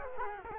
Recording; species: mosquito wingbeat signal from an infrared sensor; Culex quinquefasciatus